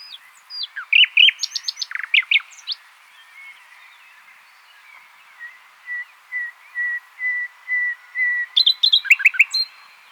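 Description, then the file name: Common nightingale song: crisp varied notes, then a slow series of pure whistled notes swelling in volume, ending in a rapid, loud burst of sharp repeated notes. "Luscinia megarhynchos"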